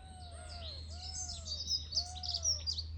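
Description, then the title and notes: Birds singing in a chorus: dense high chirps and twitters overlap, while lower arched whistled notes repeat over a steady low hum. Morning. "Morning bird singing. the sounds of the morning birds"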